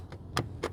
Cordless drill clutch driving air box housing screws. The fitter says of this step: And I'm just gonna hit these guys until you hear that click.